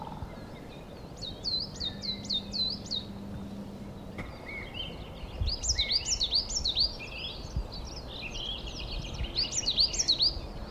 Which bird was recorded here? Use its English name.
Coal Tit